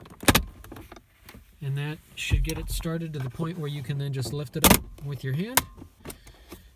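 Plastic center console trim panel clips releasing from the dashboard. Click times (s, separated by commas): 0.3 s, 0.4 s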